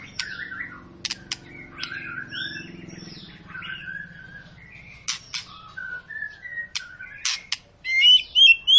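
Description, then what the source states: White-rumped shama song, a varied run of clear whistles and short sharp notes, ending in rapid high phrases over a faint low hum. Long, energetic lure song used to prompt other birds to sing.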